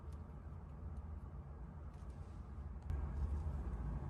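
The plastic tail accessory of a McFarlane Disney Mirrorverse 5-inch Pixar Monsters Inc Sulley action figure is lined up with the hole in the figure's body and pushed in over a steady low background rumble. A sharp snap at 2.9 s marks the tail seating into place, followed by slightly louder handling noise.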